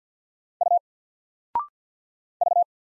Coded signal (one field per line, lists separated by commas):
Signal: Morse code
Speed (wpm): 47 wpm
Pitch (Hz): 700 Hz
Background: none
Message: U V